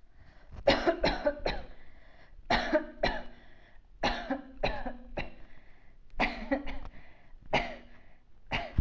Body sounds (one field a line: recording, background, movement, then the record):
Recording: voluntary coughing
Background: quiet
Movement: sitting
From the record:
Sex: female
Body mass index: 22.6 kg/m2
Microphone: on the chest, facing outward